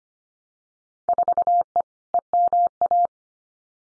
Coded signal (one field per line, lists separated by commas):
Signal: Morse code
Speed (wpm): 25 wpm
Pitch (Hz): 700 Hz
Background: none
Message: 4E EMA